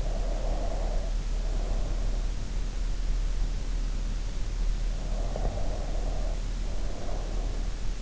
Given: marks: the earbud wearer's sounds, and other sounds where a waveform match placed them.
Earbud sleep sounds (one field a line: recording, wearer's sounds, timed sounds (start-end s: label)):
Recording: sounds in sleep by an in-ear microphone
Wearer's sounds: breath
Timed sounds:
0.00-2.47 s: breath
4.49-7.72 s: breath